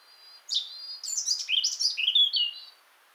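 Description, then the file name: European robin delivering a rapid, tinkling phrase of high, varied liquid notes. "Erithacus rubecula"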